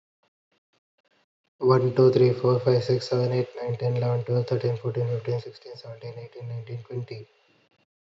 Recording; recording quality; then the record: counting at a fast pace; excellent, no background noise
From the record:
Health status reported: healthy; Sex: male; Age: 26 years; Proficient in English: yes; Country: India